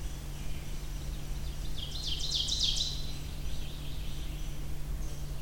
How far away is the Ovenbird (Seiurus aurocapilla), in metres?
about 20 m